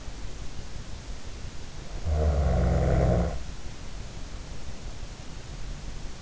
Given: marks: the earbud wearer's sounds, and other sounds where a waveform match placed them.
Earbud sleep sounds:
sounds in sleep by an in-ear microphone; snoring breath
2.02-3.50 s: snoring breath

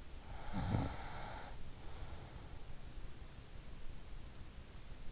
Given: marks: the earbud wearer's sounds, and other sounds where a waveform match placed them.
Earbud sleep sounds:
sounds in sleep by an in-ear microphone; snoring breath
0.25-2.46 s: snoring breath

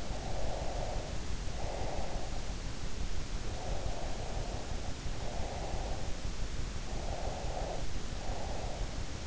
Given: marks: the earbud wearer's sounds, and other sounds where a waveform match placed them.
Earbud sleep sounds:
sounds in sleep by an in-ear microphone; breath
0.00-2.52 s: breath
3.46-6.24 s: breath
6.95-9.05 s: breath

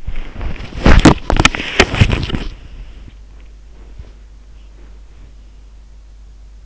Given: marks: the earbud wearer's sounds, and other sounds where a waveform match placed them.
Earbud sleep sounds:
sounds in sleep by an in-ear microphone; body movement
0.05-2.56 s: body movement
3.20-5.33 s: sound from someone else or the room

